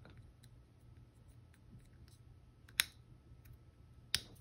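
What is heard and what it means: The USB-C end of a charger cable is plugged into the plastic port of an Apple 20 W power adapter, held close to the mic. Two sharp, loud clicks sound at 2.8 s and 4.2 s over a quiet low hum, and the plug seats in the port.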